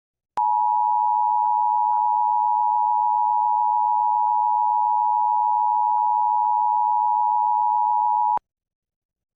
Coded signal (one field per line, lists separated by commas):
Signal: Emergency Alert System (SAME) tones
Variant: 853 and 960 Hz attention tone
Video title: Florida Required Monthly EAS Test on WDMC-LD 25.1 | EAS #458 (1/17/2025)